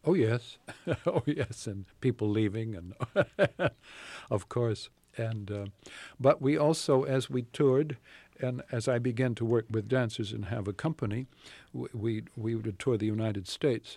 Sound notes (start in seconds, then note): 0.6 laughter; 2.9 laughter